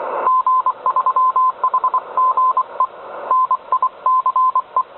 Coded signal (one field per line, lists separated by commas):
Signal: Morse code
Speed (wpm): 24 wpm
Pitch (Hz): 1030 Hz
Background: none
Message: G3HGE NICE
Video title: Morse Code Decoding